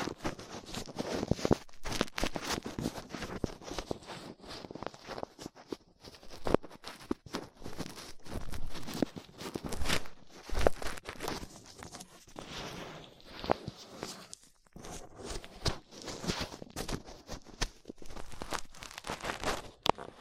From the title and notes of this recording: Ear Cleaning Latex Gloves, Dental Pick, Cotton Swabs.